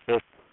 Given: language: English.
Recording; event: throat vibration sensor signal played as sound; speech